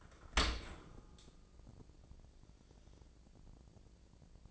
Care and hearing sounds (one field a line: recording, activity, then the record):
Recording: daily activity, microphone in the room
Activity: open dishwasher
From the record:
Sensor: 5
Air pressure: 1012.4 hPa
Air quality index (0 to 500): 158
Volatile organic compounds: 2 ppm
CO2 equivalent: 1078 ppm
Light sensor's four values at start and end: 91/219/92/102 and 92/221/93/103